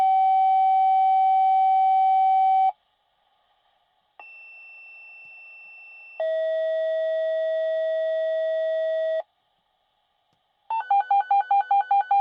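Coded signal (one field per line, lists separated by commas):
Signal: two-tone page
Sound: long steady tone, gap, second long lower tone, then fast warbling beeps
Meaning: Tone sequence activating fire department pagers for a dispatch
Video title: Fire Department Dispatch Pager - Sound Effect for editing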